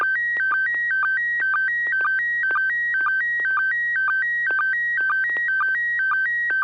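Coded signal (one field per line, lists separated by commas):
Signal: SSTV (slow-scan television)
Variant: PD120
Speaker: this is going to be pd-120 and 6pg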